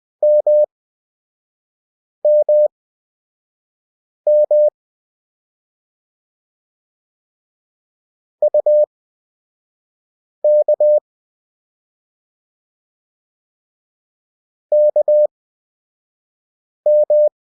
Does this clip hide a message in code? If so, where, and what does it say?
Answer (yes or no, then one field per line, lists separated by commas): yes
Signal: Morse code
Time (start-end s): 0.2-17.3 s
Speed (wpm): 20 wpm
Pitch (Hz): 600 Hz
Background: none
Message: MMM UK KM